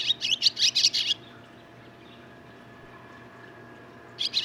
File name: Barn Swallow